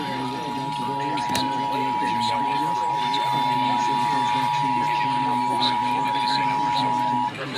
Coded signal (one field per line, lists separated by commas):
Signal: Emergency Alert System (SAME) tones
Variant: 853 and 960 Hz attention tone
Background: speech